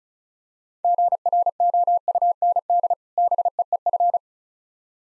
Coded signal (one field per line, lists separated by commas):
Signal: Morse code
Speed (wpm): 36 wpm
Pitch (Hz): 700 Hz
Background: none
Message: GROUND BEEF